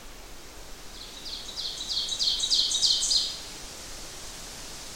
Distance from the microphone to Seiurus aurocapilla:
about 25 m